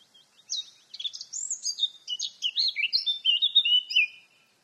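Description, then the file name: Eurasian blackcap song, a fast varied warble of scratchy and clear fluty notes jumping between high and mid pitches, running continuously for about four seconds on a quiet background. "Sylvia atricapilla"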